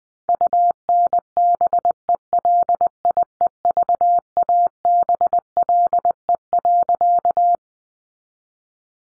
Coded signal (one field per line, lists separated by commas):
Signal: Morse code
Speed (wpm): 20 wpm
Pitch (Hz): 700 Hz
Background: none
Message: UNBELIEVABLE.